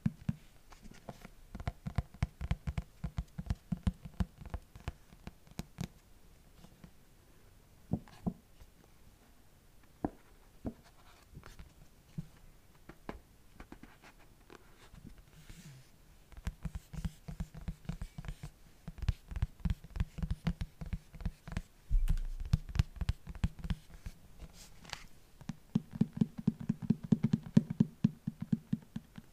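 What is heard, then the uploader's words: Fingers tap on a book cover in quick, uneven bursts of dry clicks, with denser scratchy rustling patches around the middle and end. All about books, tapping and page flipping (no talking). I will tap on the book cover and flip through the pages.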